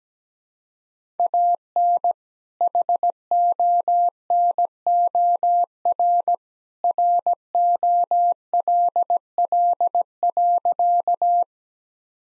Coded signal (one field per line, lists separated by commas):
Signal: Morse code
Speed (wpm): 17 wpm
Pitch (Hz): 700 Hz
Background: none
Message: AN HONOR ROLL.